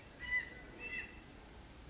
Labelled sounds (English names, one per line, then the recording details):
California Quail
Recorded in Sonoma County, California